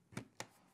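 The plastic and metal bottom cover of a Dell XPS 15/17 laptop is lined up and pushed down onto the chassis toward its retaining clips, making two short, sharp handling knocks at about 0.2 and 0.4 seconds over quiet background. Nothing has seated or clicked into place yet.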